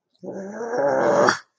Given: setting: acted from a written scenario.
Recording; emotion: vocal sound without words; anger